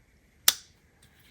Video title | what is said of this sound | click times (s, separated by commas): Leatherman Supertool 300 - Quick Overview and Comparison’s -2023🔪🔪🔪 | Nice good little snap. | 0.5 s